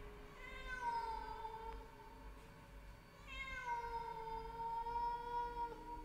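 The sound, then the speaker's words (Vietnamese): A black cat yowls mournfully at night in two long, drawn-out wails, each rising then sliding down in pitch and holding a steady, plaintive tone, loud and alone with no talking. “Nó kêu lên mấy tiếng thê thiết trong đêm.”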